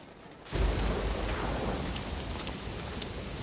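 Steady rain hiss begins abruptly and pours on without a break, with a low rumble of thunder rolling underneath as it starts. No voices.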